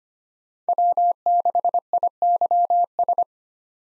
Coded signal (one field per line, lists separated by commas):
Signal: Morse code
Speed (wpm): 25 wpm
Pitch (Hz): 700 Hz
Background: none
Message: W6IYS